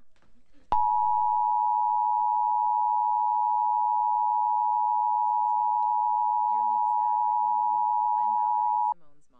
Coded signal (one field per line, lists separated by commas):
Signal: Emergency Alert System (SAME) tones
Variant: 853 and 960 Hz attention tone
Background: speech